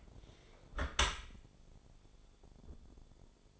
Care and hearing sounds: daily activity, microphone in the room; close dishwasher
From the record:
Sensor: 5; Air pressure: 1015.1 hPa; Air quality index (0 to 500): 163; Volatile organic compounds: 5 ppm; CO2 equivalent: 1765 ppm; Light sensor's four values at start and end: 37/87/35/36 and 38/91/37/39

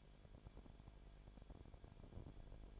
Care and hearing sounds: daily activity, microphone in the room; no activity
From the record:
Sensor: 5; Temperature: 19.8 degrees Celsius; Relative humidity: 33.3%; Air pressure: 1001.4 hPa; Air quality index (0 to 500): 32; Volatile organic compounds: 1 ppm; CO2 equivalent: 526 ppm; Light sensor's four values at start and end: 2/3/1/1 and 2/3/1/1

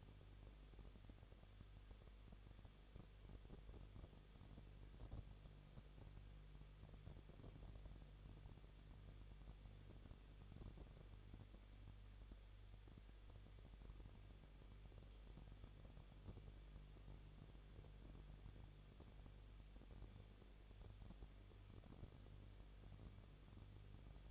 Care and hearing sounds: daily activity, microphone in the room; no activity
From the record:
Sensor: 4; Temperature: 23.1 degrees Celsius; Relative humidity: 34.1%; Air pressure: 1007.2 hPa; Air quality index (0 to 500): 216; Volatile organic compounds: 15 ppm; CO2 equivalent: 2490 ppm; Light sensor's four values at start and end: 2/3/1/1 and 2/3/1/1

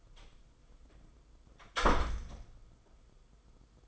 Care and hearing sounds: daily activity, microphone in the room; close door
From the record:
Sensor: 5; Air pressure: 990.6 hPa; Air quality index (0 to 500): 153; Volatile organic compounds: 181 ppm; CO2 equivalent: 4146 ppm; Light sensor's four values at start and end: 26/64/26/28 and 26/62/25/28

